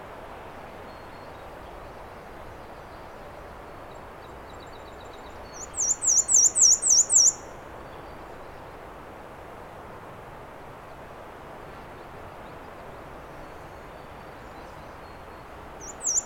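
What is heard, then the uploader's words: A Black-and-White Warbler gives a thin, high, squeaky song of about eight rapid repeated notes between roughly 5.5 and 7.5 seconds, with a brief start of another phrase at the very end. A steady low rushing roar, like traffic, fills the background throughout. Black-and-White Warbler. At 9:54am on the Alder Trail, Schoodic Division, Acadia National Park. Fostex FR2, Sennheiser ME 66.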